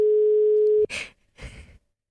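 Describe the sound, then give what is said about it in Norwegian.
A steady, single-pitched ringing tone of an outgoing mobile phone call hums for under a second and cuts off abruptly. Two soft, breathy exhalations follow. “Ok, nå ringer vi.”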